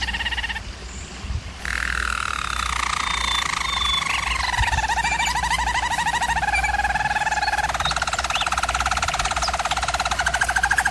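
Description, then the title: German Roller canary performing extended, continuous rolling trills that glide slowly in pitch, with a brief pause near the start and a low hum throughout. Canary training recording of a German Roller canary singing. "German Roller Canary Singing - Canary Training Vid"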